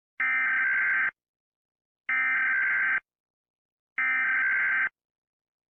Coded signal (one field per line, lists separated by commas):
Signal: Emergency Alert System (SAME) tones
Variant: header bursts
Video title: EF5? - An EAS Scenario